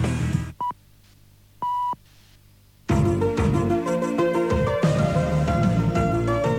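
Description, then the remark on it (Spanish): Cadena SER radio hourly time signal pips marking 10 o'clock (9 in the Canary Islands), recorded in 2005: a short mid-pitched electronic beep, then a slightly longer one after a brief silence, followed by loud music bursting in. “Son las 10, las 9 en Canarias.”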